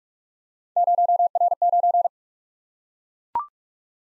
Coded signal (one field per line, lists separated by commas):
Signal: Morse code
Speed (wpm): 44 wpm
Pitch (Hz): 700 Hz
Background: none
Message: 0R9